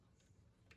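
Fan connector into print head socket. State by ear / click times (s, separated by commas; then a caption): not seated / none. A fan cover's wire connector is pushed straight into its socket on the print head of a Bambu Labs 3D printer and being aligned. Faint handling noise is heard over a low hum, with a brief tick at about 0.7 s. Nothing has seated or clicked yet.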